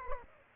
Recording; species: mosquito wingbeat signal from an infrared sensor; Aedes aegypti